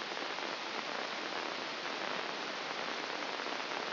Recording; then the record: brain microelectrode recording played as sound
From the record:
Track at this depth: inside the subthalamic nucleus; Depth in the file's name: 2.704 mm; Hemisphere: left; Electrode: 2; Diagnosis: Parkinson's disease